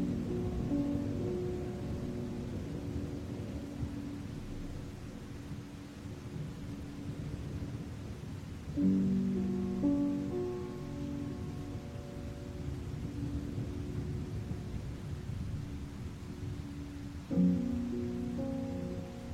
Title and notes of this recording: Music with THUNDER. Music with the sounds of storms